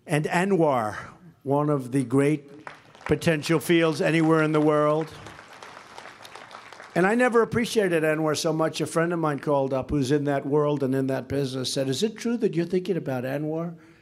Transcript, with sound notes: And ANWR, one of the great potential fields anywhere in the world. (Applause.) And I never appreciated ANWR so much. A friend of mine called up, who’s in that world and in that business, and said, “Is it true that you’re thinking about ANWR?”